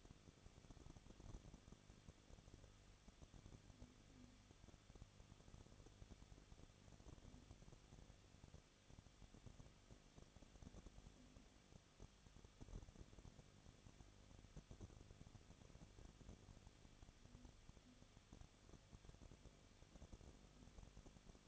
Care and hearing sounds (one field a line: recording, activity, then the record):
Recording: daily activity, microphone in the room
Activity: no activity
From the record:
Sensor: 4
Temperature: 23.1 degrees Celsius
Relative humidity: 34.0%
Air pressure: 1007.2 hPa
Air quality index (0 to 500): 216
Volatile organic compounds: 15 ppm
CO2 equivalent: 2500 ppm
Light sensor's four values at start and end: 2/3/1/1 and 2/3/1/1